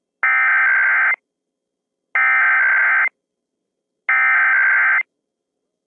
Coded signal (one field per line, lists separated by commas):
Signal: Emergency Alert System (SAME) tones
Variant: header bursts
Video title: EAS Shorts: Required Weekly Test